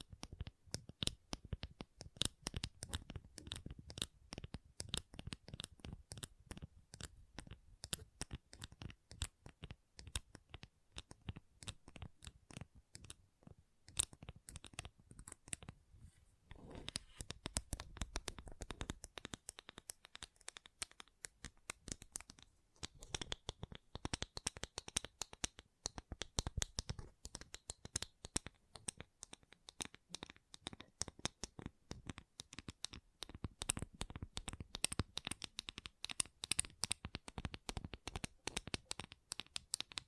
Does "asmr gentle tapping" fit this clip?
yes